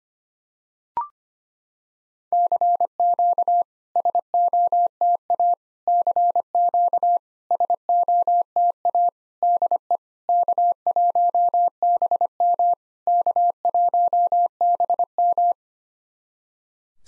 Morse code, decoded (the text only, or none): CQ SOTA CQ SOTA DE K1BM K1BM